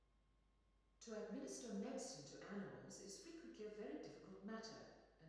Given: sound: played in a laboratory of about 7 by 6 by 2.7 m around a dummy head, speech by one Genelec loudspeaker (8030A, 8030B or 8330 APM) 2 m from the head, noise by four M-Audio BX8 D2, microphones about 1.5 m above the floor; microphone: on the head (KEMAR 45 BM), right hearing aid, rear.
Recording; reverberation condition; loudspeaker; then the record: female speech in English; high; in front (0 degrees)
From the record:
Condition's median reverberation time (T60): about 1300 ms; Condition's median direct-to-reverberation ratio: about -4.0 dB